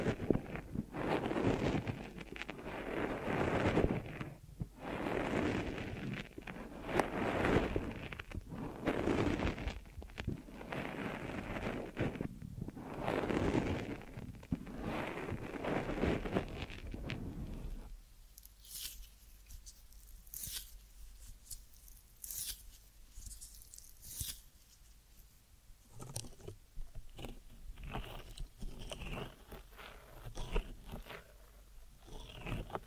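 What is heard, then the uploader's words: An ear massage of dense, pulsing rubbing and brushing for about eighteen seconds, then quieter, sparser scratches and soft taps until the end. ASMR Deep Ear Massage for Sleep(No Talking).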